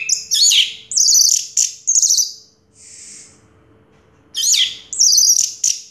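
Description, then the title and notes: Orange-headed thrush song: loud, rich high warbled phrases, a soft hiss-like note in the middle pause, then more warbling. Song in the teler style, described as clear-voiced; part of a complete collection of this species' songs. "Anis Merah Teler Suara Jernih. kumpulan suara anis merah lengkap"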